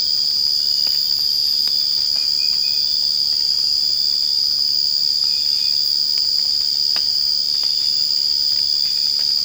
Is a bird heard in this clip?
no